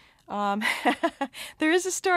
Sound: laughs

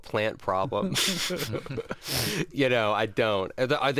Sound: laughter

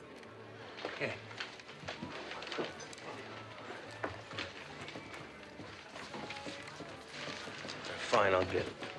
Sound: soundbite of people walking

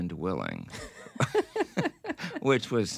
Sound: laughter

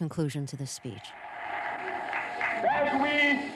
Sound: Soundbite from December 5, 1955

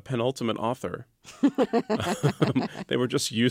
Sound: laughter

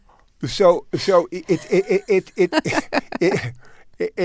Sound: laughter

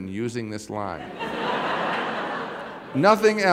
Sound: soundbite of laughter

